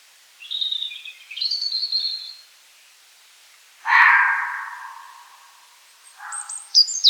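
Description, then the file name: European robin song: a high warbled phrase near the start, a broad rushing noise burst midway, then a few thin high notes at the end. "rotkehlchen"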